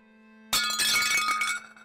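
A low steady hum gives way to a sudden loud crash as a bowl of stewed chicken hits the floor and shatters, followed by about a second of bright, clattering shards before it fades.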